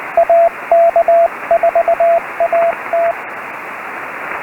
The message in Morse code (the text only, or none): AK4AT